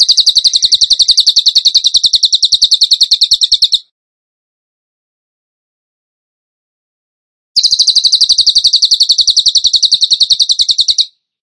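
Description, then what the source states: Bird song: two long, high, rapidly pulsed trills separated by several seconds of silence. Masteran (training recording) for birds in the tembakan gacor style.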